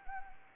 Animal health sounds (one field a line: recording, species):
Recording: mosquito wingbeat signal from an infrared sensor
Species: Anopheles arabiensis